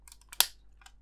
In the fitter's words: ici et pousser cette patte dans le trou ici pour qu'il se clipse